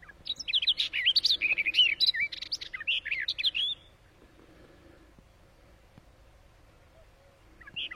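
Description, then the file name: Barred warbler song: a rapid, grating warble of jumbled chirps and short whistles lasting nearly four seconds, then quiet with a faint note at the end. "Canto da toutinegra gaviao"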